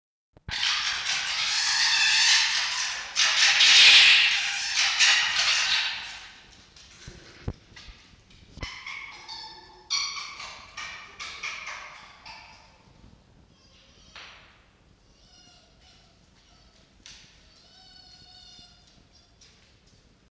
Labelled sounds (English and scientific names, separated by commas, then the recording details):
Red Fox (Vulpes vulpes)
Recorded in captivity
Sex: male
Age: adult
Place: Zoologisches Institut der HUB, Berlin, DE
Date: 1953-01-02 18:25
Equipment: Elmetra
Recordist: Tembrock, Günter
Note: Jupp: Pfau-Schrei und Pfau-Schrei-Winseln; Castor(?): Angstwinseln